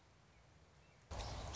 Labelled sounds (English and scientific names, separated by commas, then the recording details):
Song Sparrow (Melospiza melodia)
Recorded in Sonoma County, California